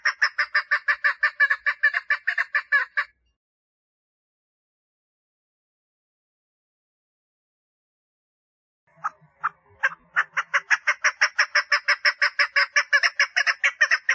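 Partridge calling in rasping, rhythmic notes: a quick series at the start, a long silent pause, then a few scattered notes before the fast chattering run resumes.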